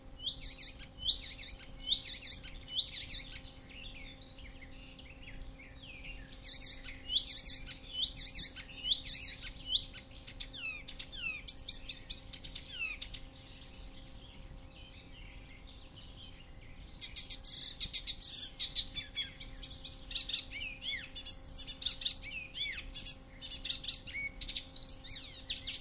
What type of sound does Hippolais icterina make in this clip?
song